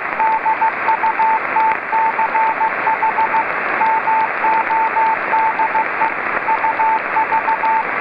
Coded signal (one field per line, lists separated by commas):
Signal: Morse code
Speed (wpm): 15 wpm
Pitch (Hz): 890 Hz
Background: radio noise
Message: DUTCH MODE UV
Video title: VO-52 Ham Radio Satellite - The Dutch transponder - 145860 kHz (CW)